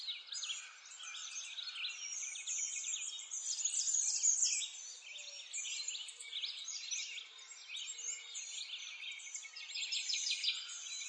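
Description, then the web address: Birds chorusing in a busy, continuous mix of high chirps, trills and twittering notes from several singers at once. Birds in a forest. "Lynne Music. Nature Ambience Birds In A Forest"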